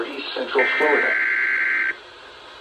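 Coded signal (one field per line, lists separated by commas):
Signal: Emergency Alert System (SAME) tones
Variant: header bursts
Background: speech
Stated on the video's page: Severe Thunderstorm Warning SAME tones from NWS Melbourne, Florida, received on NOAA Weather Radio KIH63 and FM station Z88.3.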